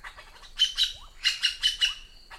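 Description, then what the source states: Magpie-jay calls: a quick series of bright, chattering notes in two bursts. Magpie-jay flocks are led by females.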